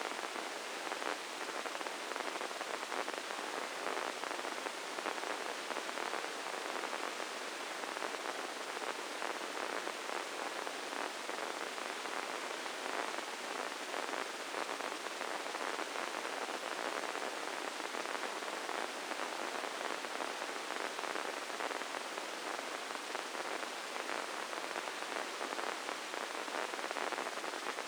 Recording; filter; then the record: brain microelectrode recording played as sound; spike band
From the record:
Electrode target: subthalamic nucleus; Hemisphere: left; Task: reaching with the right hand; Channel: 1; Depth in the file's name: 4.826 mm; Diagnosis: Parkinson's disease